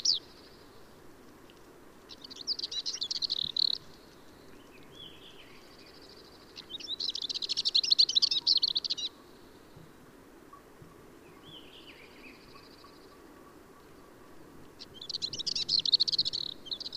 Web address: Magnanina sarda